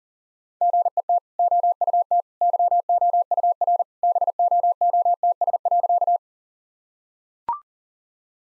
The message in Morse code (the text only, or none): GET OUT YOUR BOOTS.